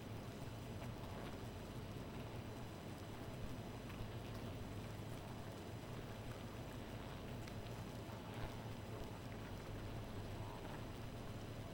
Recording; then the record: honeybee colony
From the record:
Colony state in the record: missing queen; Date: 14 July 2017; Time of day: 2:56